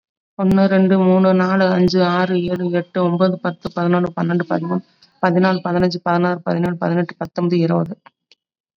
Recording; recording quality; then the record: counting at a fast pace; excellent, no background noise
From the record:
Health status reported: COVID-19 positive, mild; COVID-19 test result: positive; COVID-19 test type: RT-PCR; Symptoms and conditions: cough, fatigue, muscle pain, diabetes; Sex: female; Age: 49 years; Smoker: no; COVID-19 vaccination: both doses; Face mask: worn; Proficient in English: yes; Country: India